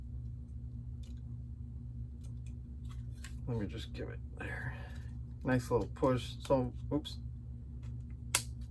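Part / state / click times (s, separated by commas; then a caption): plastic building brick pressed onto another brick in a starfighter model / seated / 8.3 s. Someone talks while pressing a plastic building brick onto another brick in a starfighter model, giving bricks that had not been joined a small push. A sharp click at 8.4 s is heard as they snap together and seat.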